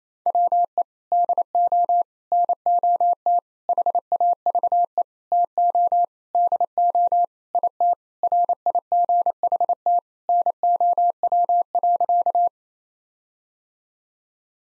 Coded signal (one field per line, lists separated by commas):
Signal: Morse code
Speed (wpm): 28 wpm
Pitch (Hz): 700 Hz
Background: none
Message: WE DO NOT HAVE TO DO IT RIGHT NOW.